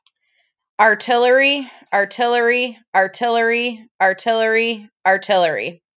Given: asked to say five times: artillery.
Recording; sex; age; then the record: repeated word; female; 20 to 29 years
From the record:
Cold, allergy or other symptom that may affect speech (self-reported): no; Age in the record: 29 years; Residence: Michigan, United States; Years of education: 14